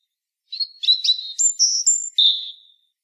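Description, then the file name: European robin song phrase: a rising series of clear, liquid whistles that climb to a very high pure note, then drop to a lower drawn-out tone. "Erithacus rubecula"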